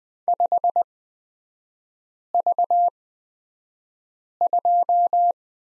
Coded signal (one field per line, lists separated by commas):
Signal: Morse code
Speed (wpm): 20 wpm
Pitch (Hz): 700 Hz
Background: none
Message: 5V2